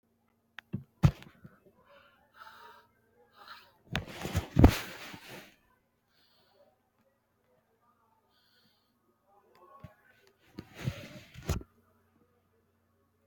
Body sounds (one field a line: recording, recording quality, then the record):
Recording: shallow breathing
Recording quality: excellent, no background noise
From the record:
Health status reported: healthy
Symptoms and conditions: fever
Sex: female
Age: 27 years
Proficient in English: yes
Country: India